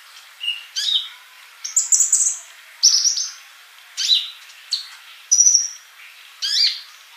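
Bird song of high, sharp whistled notes and brief buzzy phrases, given in separate bursts roughly a second apart.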